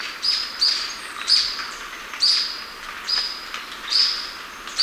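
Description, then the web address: Golden-crowned Flycatcher repeating sharp, high squeaky calls over a steady background hiss. Recorded in Ecuador. "Birds of Ecuador. Golden-crowned Flycatcher"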